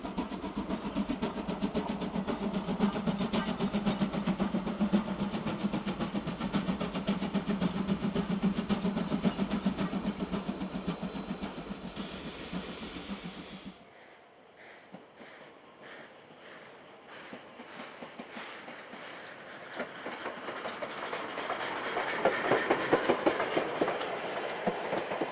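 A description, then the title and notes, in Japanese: A steam locomotive hauls a passenger train past, starting as a loud, dense, low rumble with rapid rhythmic beats. Around fourteen seconds the roar cuts off sharply, leaving quieter, regular clacking of the wheels, which grows brighter and louder again toward the end. JR磐越東線を走るC11 325牽引の「SLあぶくま号」です。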